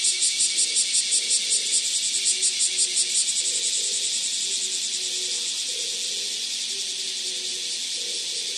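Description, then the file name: Bear cicada song, a loud harsh high buzzing that pulses rapidly for the first few seconds, then settles into a steady continuous drone. Recorded 16 July 2011. "kumazemi 110716"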